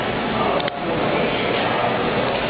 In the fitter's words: right there you'll hear it latch in